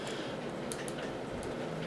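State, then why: Seated. A plastic cable tie is cinched around part of a Printrbot Plus 3D printer base deck: its tail is pulled through the locking head while the head is held. Two sharp ratchet clicks come at 0.7 s and 0.9 s over a steady background hiss. The tie ratchets tighter and is locked down.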